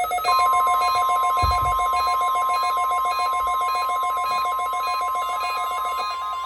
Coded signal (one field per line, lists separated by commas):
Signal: Emergency Alert System (SAME) tones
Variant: 1050 Hz attention tone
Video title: EAS 14 - Required Weekly Test